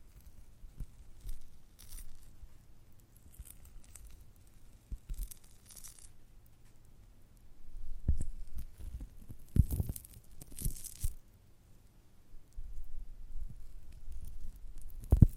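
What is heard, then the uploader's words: Giant gummy bear ASMR: soft squishy presses and low thumps, sharper tearing bursts around eight to eleven seconds, then quieter handling. ASMR of a Giant Gummy Bear (No Talking).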